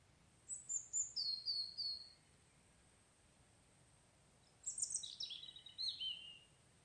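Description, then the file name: European robin singing two separate high, thin, warbling phrases that fall in pitch, split by a quiet pause of about two and a half seconds. "Erithacus rubecula"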